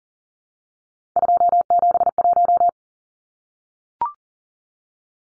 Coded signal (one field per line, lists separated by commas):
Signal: Morse code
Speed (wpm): 40 wpm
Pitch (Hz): 700 Hz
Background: none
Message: 271